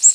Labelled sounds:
Golden-winged Warbler (Vermivora chrysoptera) flight call

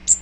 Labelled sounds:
Magnolia Warbler (Setophaga magnolia) flight call

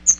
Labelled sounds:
Chestnut-sided Warbler (Setophaga pensylvanica) flight call

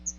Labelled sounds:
Chestnut-sided Warbler (Setophaga pensylvanica) flight call

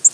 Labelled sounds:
Black-throated Green Warbler (Setophaga virens) flight call

